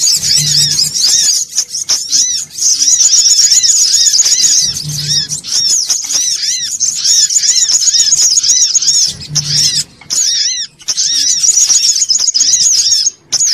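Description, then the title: Little spiderhunter song: long bursts of piercing, rapid trilling broken by short gaps, with repeated downslurred notes below and recurring low humming. Bird-training (masteran) song. "Masteran Burung Sogok Ontong Labaik"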